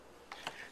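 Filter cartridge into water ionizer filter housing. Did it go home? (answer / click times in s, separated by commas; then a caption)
yes / 0.3 s, 0.5 s. A filter cartridge for an Alive water ionizer is lowered into the filter housing and pushed down hard until it snaps into place and seals itself. Two short, sharp clicks sound at 0.3 s and 0.5 s over a low background hiss, and the cartridge is seated.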